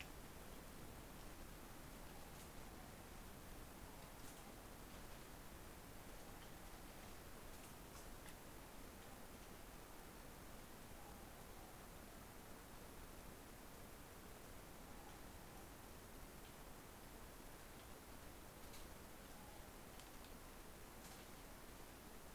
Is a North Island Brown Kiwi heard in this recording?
no